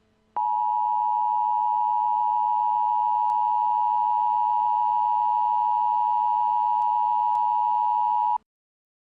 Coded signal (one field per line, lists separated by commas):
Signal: Emergency Alert System (SAME) tones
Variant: 853 and 960 Hz attention tone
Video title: EAS Scenario - Spacial Rand (Part 1)